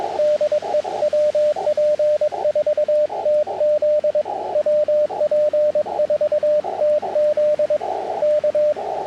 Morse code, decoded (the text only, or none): DE WP4TZ WP4TZ K